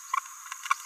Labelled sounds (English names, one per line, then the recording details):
Green-rumped Parrotlet babbling
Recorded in a nest box in Venezuela
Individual 18B17A4